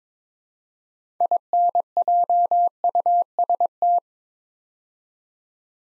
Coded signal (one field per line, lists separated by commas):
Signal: Morse code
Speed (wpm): 22 wpm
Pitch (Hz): 700 Hz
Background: none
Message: INJUST